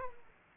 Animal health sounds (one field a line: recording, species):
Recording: mosquito wingbeat signal from an infrared sensor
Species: Aedes aegypti